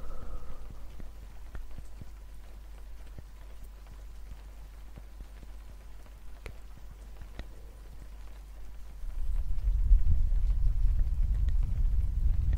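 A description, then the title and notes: Rain falls as sparse, irregular taps and ticks over a steady low hum. Some sharper clicks stand out now and then. Around nine seconds a deep rumbling swells up and stays louder until the end. In the rain.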